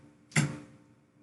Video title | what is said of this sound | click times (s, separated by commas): Ryzen 9 3900x, RX 5700xt, B550M-Plus Unboxing and PC building | you hear the clicks on both sides. That's, you know that you are in. | 0.4 s